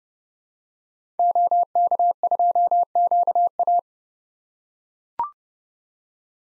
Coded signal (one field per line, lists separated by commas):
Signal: Morse code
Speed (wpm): 30 wpm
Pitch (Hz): 700 Hz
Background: none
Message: OK2QA